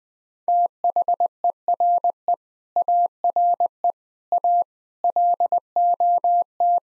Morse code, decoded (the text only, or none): THERE ARE A LOT